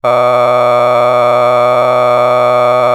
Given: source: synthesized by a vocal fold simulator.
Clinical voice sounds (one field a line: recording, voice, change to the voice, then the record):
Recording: sustained vowel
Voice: male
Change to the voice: a random mix of aspiration noise, stiffness perturbation and strain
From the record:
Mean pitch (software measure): 118 Hz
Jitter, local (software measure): 1.98%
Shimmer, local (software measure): 8.1%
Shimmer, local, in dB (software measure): 0.69 dB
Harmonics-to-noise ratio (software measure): 12.9 dB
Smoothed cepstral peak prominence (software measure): 18.1 dB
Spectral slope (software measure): -14.9 dB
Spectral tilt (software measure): -11.0 dB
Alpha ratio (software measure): -5.4 dB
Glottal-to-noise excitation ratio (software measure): 0.989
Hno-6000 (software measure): 2.1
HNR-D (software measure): 26.1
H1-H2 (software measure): 1.9 dB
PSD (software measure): 1.6e-04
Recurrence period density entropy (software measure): 0.111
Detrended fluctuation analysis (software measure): 0.0326